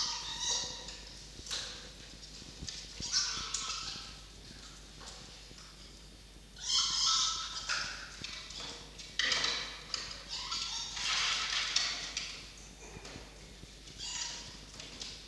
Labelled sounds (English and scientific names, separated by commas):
Red Fox (Vulpes vulpes)